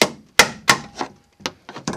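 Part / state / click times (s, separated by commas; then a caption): interior trim panel clips in car body / released / 0.4 s, 1.5 s, 1.9 s. An interior trim panel is pressed straight down with even pressure to release its plastic retaining clips from the car body. Sharp pops and knocks are heard, with the clips popping free at 0.4, 1.5 and 1.9 seconds, and the clips come out.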